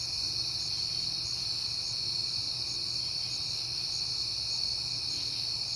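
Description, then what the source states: Crickets keep up a constant shrill chirping, with rhythmic pulses layered over a continuous high drone and faint low hum. Crickets at night in September, on a peaceful night.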